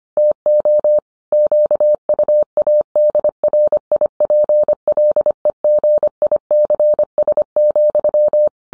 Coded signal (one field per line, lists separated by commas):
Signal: Morse code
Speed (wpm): 25 wpm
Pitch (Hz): 600 Hz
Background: none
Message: TO QUADRIPLEGICS,